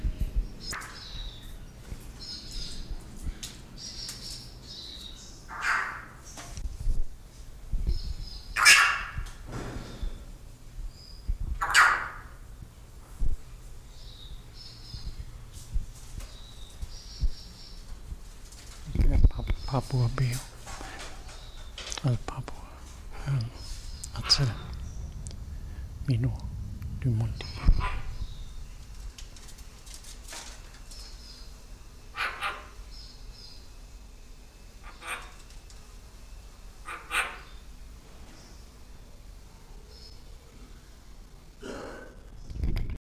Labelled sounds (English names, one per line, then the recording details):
Yellow-faced Myna call
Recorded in captivity
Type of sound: call
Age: adult
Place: Zoo Berlin, Berlin, DE
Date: 1997-08-28 13:00
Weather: sunny, 22-28°C
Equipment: Sony MD-WM MZ-R3, Sennheiser ME 80, K 30 AV, Kopie Uher 4000 Report Monitor
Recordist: Tembrock, Günter
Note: Laute von beiden Tieren